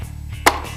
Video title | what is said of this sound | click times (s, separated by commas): West Central Hobbies / Traxxas Unlimited Desert Racer Unboxing | you flip it unlocked and then slide it back just a little bit quarter | 0.5 s